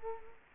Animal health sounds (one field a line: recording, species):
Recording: mosquito wingbeat signal from an infrared sensor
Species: Culex quinquefasciatus